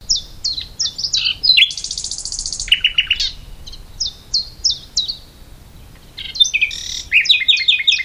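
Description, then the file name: Common nightingale song: repeated short descending whistles, a buzzy trill, rich lower notes, then more rapid whistled phrases. "Luscinia megarhynchos"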